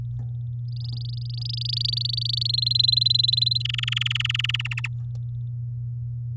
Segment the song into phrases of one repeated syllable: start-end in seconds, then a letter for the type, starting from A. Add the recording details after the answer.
0.68-2.47 A, 2.49-3.62 B, 3.65-4.57 C, 4.59-4.88 D. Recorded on 10 May 2018 at 08:09. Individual llb16